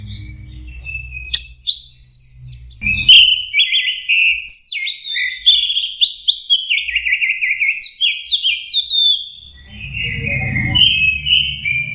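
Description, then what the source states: Orange-headed thrush song, a sustained flow of varied whistled phrases stepping down and up in pitch, rich and warbling, with low rumbling near the end. Master recording for training Anis Kembang birds; 'teler' song style, version 4.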